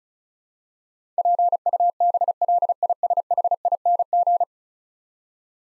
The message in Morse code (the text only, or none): PUBLISHING